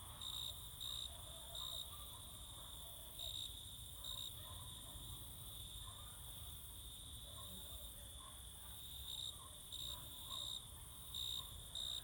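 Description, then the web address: Crickets chirring in a continuous high buzz, with louder pulsing bursts in irregular clusters. Crickets singing close in summer fields during evening or night. "Sculp Tunes - Summer in the field - Crickets and Cicadas"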